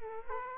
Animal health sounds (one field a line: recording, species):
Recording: mosquito wingbeat signal from an infrared sensor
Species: Culex quinquefasciatus